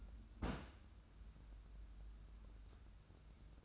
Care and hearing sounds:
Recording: daily activity, microphone in the room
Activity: place on stove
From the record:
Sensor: 2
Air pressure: 994.3 hPa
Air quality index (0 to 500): 217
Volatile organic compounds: 1000 ppm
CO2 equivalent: 7192 ppm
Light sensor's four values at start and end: 138/328/139/144 and 138/328/139/144

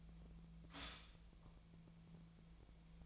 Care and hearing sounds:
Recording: daily activity, microphone in the room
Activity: stop toaster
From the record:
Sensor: 1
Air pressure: 1009.3 hPa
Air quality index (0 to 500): 196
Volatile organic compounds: 20 ppm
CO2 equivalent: 2678 ppm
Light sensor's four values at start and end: 27/70/29/34 and 27/70/29/35

